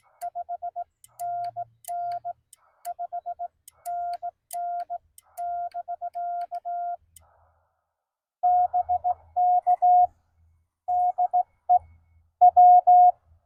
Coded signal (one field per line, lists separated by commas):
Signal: Morse code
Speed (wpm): 17 wpm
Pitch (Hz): 690 Hz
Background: none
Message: 5 NN 5 NN <BK> BK DE W